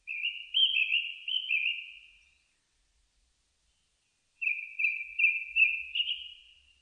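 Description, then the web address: Japanese thrush singing two phrases of clear, warbled whistles a few seconds apart, each phrase a quick run of slurred notes that fades at the end; otherwise quiet. Recorded 4 May 2001. "2001 010504 kurotugumi"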